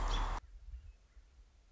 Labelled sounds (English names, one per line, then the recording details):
American Robin
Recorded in Sonoma County, California